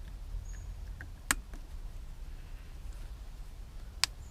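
An OEM ignition harness plug on a C6 Corvette is pushed into the adapter harness connector of an add-on MSD 2-Step launch control module over low background noise. Two loud, sharp clicks ring out at 1.3 s and 4.0 s, with fainter ticks around 1.0 s and 1.5 s. The plug clicks into the connector and is seated.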